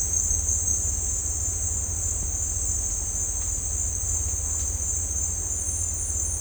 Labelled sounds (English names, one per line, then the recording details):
none
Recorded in dense forest near Puerto Asís, Putumayo, Colombia, on 20 December 2024 at 17:00
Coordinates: 0.466, -76.327
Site G075